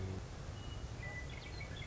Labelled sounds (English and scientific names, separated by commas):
Western Meadowlark (Sturnella neglecta)